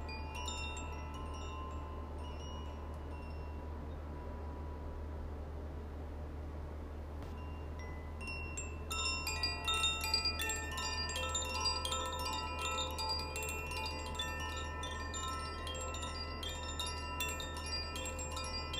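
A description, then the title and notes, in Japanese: Chimes ring sparsely at first, then after about nine seconds many bright metallic strikes overlap densely, sustained tones shimmering over a steady low hum. 秋分 #コシチャイム #ザフィアチャイム #風から木へ。秋分の日にチャイム演奏をしました。風に揺れる、日の光が煌めく そんな感じです。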